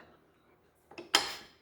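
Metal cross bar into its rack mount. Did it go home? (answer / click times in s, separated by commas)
yes / 1.2 s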